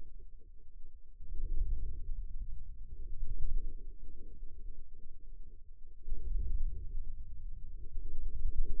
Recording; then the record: forearm muscle sounds (acoustic myography)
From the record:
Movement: wrist extension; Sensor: system 2, bracelet of six BSWA MPA416 microphones around the upper forearm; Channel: 2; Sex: male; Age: 22 years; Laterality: right